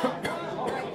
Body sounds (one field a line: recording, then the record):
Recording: coughing mixed with background sound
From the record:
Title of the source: Coughing Man Sound - Man Cough Sound Effect